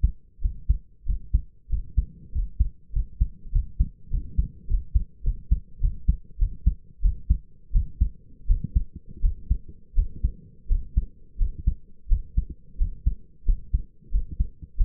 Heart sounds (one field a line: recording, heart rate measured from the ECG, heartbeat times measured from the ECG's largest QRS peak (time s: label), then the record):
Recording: heart sounds by stethoscope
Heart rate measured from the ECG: 92 bpm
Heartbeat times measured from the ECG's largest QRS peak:
0.41 s: heartbeat
1.05 s: heartbeat
1.69 s: heartbeat
2.31 s: heartbeat
2.92 s: heartbeat
3.51 s: heartbeat
4.10 s: heartbeat
4.67 s: heartbeat
5.23 s: heartbeat
5.80 s: heartbeat
6.38 s: heartbeat
7.01 s: heartbeat
7.72 s: heartbeat
8.47 s: heartbeat
9.21 s: heartbeat
9.95 s: heartbeat
10.68 s: heartbeat
11.38 s: heartbeat
12.08 s: heartbeat
12.77 s: heartbeat
13.45 s: heartbeat
14.11 s: heartbeat
14.77 s: heartbeat
From the record:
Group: healthy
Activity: rest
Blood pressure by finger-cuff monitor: 110/66 mmHg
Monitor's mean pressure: 79 mmHg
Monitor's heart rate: 93 bpm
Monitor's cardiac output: 6.5 L/min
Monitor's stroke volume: 70 mL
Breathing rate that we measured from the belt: 26 breaths a minute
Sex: male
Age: 22 years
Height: 181 cm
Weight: 60 kg